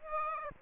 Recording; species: mosquito wingbeat signal from an infrared sensor; Aedes aegypti